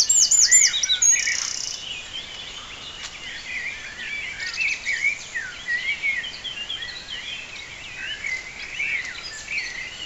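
Birds calling, a burst of very high notes at the start, then scattered chirps and short warbled phrases from several birds over a steady hiss.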